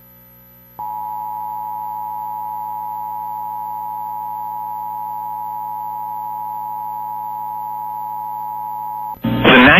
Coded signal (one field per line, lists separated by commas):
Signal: Emergency Alert System (SAME) tones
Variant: 853 and 960 Hz attention tone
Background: music